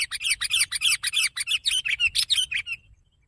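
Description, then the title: Sooty-headed bulbul giving a dense, rapid chatter of bright, buzzy notes that stops abruptly. "kutilang"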